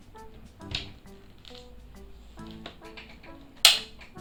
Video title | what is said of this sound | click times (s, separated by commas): How To Install The Safetots Wooden Multi Panel Wall Mounting Kit - Safetots | clicks in position and is now fully secure | 3.6 s